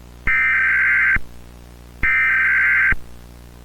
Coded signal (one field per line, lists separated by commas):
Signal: Emergency Alert System (SAME) tones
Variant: header bursts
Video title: EAS Mock: Same screen put paul hit his voice deeper-